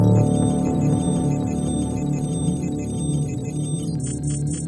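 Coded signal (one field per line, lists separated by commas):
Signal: none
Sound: sci-fi interface beeps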